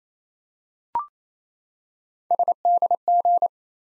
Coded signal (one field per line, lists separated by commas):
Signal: Morse code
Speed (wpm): 27 wpm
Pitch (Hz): 700 Hz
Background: none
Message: SDG